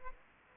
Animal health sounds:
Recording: mosquito wingbeat signal from an infrared sensor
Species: Aedes aegypti

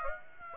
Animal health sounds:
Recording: mosquito wingbeat signal from an infrared sensor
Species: Aedes aegypti

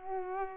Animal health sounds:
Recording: mosquito wingbeat signal from an infrared sensor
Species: Culex pipiens

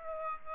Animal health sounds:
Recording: mosquito wingbeat signal from an infrared sensor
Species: Aedes aegypti

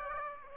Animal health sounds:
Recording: mosquito wingbeat signal from an infrared sensor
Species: Aedes aegypti

